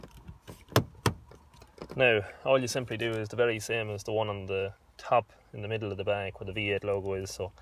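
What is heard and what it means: A front trim panel is pressed back into a truck's front grille, giving two sharp clicks at 0.8 s and 1.1 s as it clips back in place. Someone then talks for the rest of the clip.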